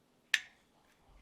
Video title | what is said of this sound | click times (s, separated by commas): How To: Disassemble and Reassemble a Glock Frame | we click that's where it needs to sit and | 0.3 s